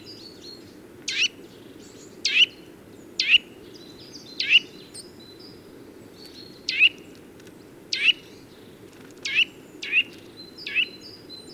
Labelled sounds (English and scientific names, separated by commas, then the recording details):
Eurasian Nuthatch (Sitta europaea) call
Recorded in the wild
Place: Stubnitz, Insel Rügen, Mecklenburg-Vorpommern, DE
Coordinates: 54.516, 13.633
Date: 1975-02-15
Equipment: Nagra III BH, Sennheiser MD 21, parabola
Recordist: Schubert, Michael